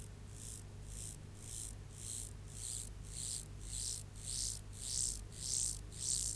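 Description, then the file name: Mottled grasshopper song of dry rasping pulses, roughly two a second, steadily swelling in loudness throughout. "Myrmeleotettix maculatus"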